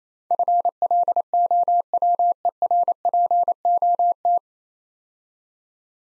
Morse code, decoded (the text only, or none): FLOWERPOT